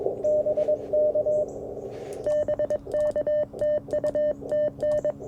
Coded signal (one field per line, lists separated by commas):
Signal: Morse code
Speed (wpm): 21 wpm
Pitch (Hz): 600 Hz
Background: radio noise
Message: BK BK TU TN